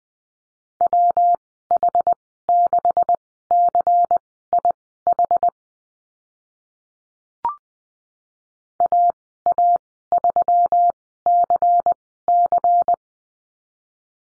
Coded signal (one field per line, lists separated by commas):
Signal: Morse code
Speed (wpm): 20 wpm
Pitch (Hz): 700 Hz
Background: none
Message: WH6CIH AA3CC